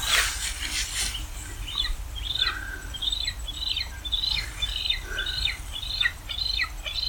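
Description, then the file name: Wedge-tailed eagle calls: a series of many thin, high, down-slurred whistled yelps, roughly one every half second, over low rumbling background noise. "Aquila Audax"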